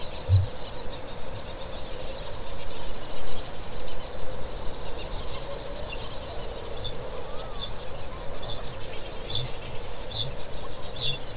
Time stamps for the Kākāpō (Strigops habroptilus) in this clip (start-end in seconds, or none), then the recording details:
0.10-0.58, 6.40-11.36. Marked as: faintness 3/5, faintness 4/5. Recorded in New Zealand. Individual Stumpy